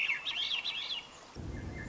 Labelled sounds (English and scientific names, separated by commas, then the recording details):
Swainson's Thrush (Catharus ustulatus)
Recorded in Sonoma County, California